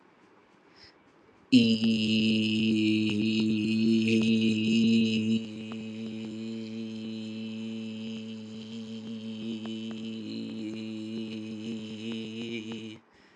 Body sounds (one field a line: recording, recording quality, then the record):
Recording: sustained vowel as in beet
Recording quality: excellent, no background noise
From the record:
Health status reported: exposed to COVID-19, no respiratory illness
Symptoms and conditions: none ticked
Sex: male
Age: 29 years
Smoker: not ticked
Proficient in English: yes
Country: India